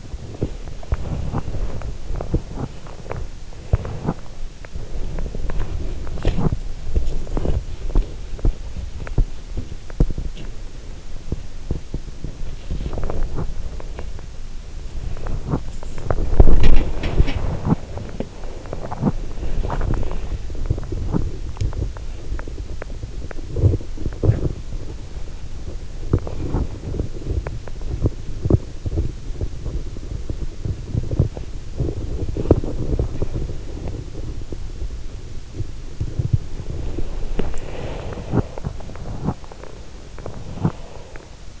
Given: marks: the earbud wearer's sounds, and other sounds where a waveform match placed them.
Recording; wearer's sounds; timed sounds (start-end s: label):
sounds in sleep by an in-ear microphone; body movement, teeth grinding, breath
0.00-18.66 s: body movement
0.80-1.60 s: teeth grinding
3.53-4.42 s: teeth grinding
6.10-6.53 s: teeth grinding
18.84-19.39 s: teeth grinding
19.78-20.48 s: breath
19.94-37.63 s: body movement
37.30-41.31 s: breath
37.82-41.60 s: body movement